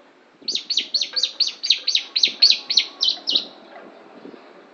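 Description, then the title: Lovebird song: a steady series of about twelve sharp high chirps, roughly four per second, then quiet. Lovebird imitating the song of the Javan prinia (ciblek). "Lovebird Suara Ciblek"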